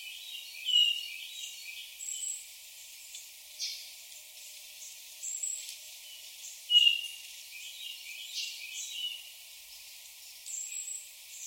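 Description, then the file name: Hermit thrush calls: a thin, high note given near the start and again about six seconds later, among soft scattered chirps and light background noise. "Catharus guttatus call"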